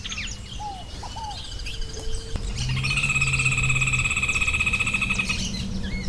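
Rufous hornero call: a rapid, harsh rattle of repeated notes lasting about three seconds, preceded by short whistled notes and chirps.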